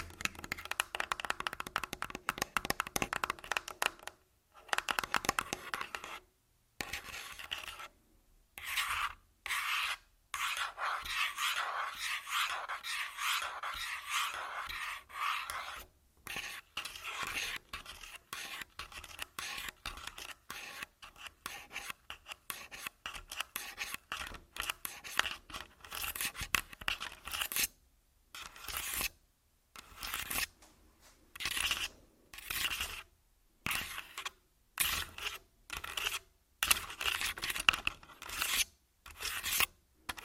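Tapping and scratching on a surface in short raspy strokes, bright and hissy, broken by frequent brief silences. The strokes come in uneven bursts throughout, some quick runs of rubbing, others isolated scrapes, with a faint low hum underneath.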